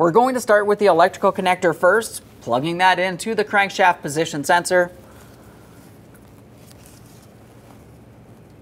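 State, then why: Seated. A wiring harness electrical connector is plugged onto a new crankshaft position sensor on a 2015-2020 Ford F-150 3.5L V6, lined up with its locking tab and pressed in. Someone talks for the first five seconds, then a quiet stretch follows with a short click at 6.9 s. The connector is seated and confirmed secured with a tug.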